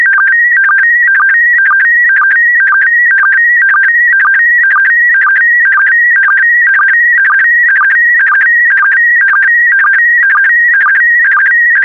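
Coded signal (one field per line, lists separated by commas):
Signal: SSTV (slow-scan television)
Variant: PD120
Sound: steady warbling tone shifting between pitches, with short low sync chirps twice a second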